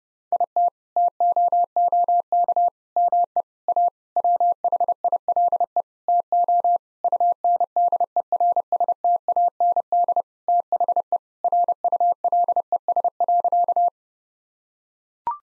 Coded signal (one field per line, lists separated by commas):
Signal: Morse code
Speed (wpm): 30 wpm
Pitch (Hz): 700 Hz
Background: none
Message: IT TOOK ME A WHILE TO UNDERSTAND THE RULES.